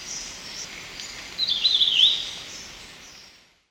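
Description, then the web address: Rufous-naped greenlet uttering a single quick, twittering high phrase lasting under a second, set against a soft, even hiss that fades out at the end. Ecuador. "Birds of Ecuador. Rufous-naped Greenlet"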